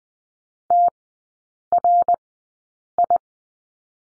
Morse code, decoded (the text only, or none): TRI